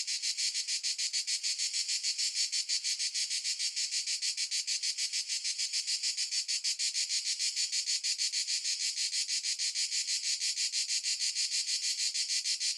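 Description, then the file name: Cicada calling in a continuous shrill buzz, pulsing quickly and evenly throughout with unchanging loudness, nothing else audible. A single cicada recorded at noon in the Italian countryside. "single cicada noon countryside italy"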